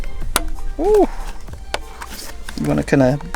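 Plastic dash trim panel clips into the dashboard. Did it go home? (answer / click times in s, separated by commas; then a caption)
yes / 0.4 s. A plastic dash trim panel around a 2018 iDoing plug-and-play Android head unit is pressed onto its last two retaining clips into the dashboard. A sharp click sounds at 0.4 s as the panel clips in and seats, while someone talks.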